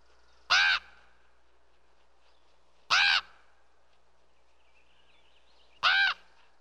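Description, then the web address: Crow calling with three harsh caws, about two and a half to three seconds apart, in otherwise quiet surroundings. "ворона"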